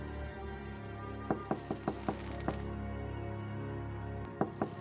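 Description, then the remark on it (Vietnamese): Someone raps on the wooden main door of a house: a quick run of about six sharp knocks, a pause, then three more. A steady low hum continues underneath, and no one speaks. “Tiếng gõ cửa lại vang lên nơi cửa chính.”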